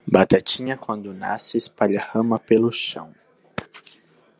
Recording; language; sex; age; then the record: short text; Brazilian Portuguese; male; 20 to 29 years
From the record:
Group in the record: control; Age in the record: 22 years